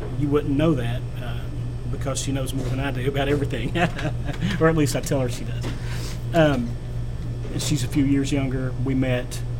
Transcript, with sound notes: You wouldn't know that because she knows more than I do about everything. [laughs] Or at least I tell her she does. She's a few years younger. We met.